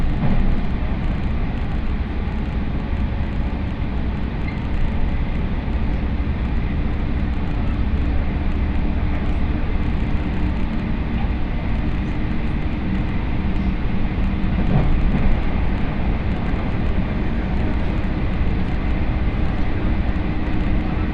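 A Tokaido Line local train running from Gifu toward Nagoya, heard as a steady low rumble and rolling drone that barely changes over the whole stretch. A faint hum sits on top, with a brief brighter clunk near the fifteen-second mark.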